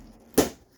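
In the bathroom of a 2021 Forest River Wildwood Lite RV, the travel catch or pull on the pocket door in the bathroom door frame is released so the door comes free. One sharp, bright snap lands at 0.4 s against a quiet background and fades within about a quarter second. The pocket door latch pops open and is released.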